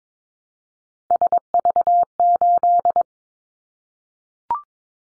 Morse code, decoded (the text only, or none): SV8